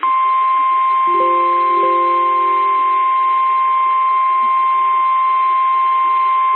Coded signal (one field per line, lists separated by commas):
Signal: Emergency Alert System (SAME) tones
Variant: 1050 Hz attention tone